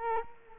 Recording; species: mosquito wingbeat signal from an infrared sensor; Culex quinquefasciatus